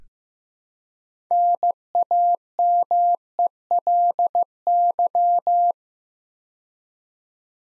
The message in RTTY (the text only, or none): none